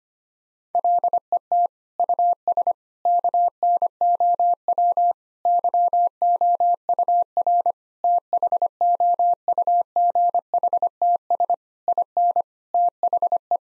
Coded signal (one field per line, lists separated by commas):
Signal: Morse code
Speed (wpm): 25 wpm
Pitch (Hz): 700 Hz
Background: none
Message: LET US KNOW YOUR THOUGHTS IN THE